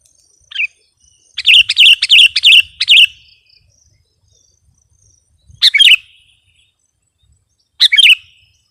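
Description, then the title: Sooty-headed bulbul chirping: a single note, then a quick run of five bright chirps, followed by two short bursts of rapid chirps after pauses. "kutilang"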